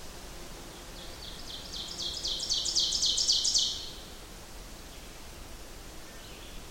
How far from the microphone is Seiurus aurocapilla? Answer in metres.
about 25 m